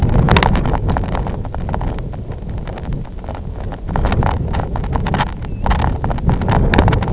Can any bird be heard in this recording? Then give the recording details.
yes. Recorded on Arctic tundra, site IGLO-F, on 23 June 2018. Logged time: 12:00